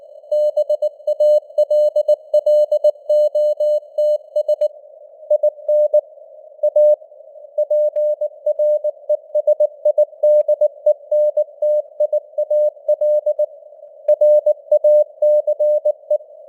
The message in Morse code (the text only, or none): BALLOTS IN A PRESIDENTIAL RACE